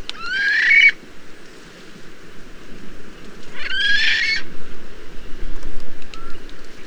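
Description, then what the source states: Magnificent frigatebird rasping, whinny-like calls, two rough bursts about three seconds apart, over continuous low rumbling noise. Whinnying noises, given on the breeding grounds.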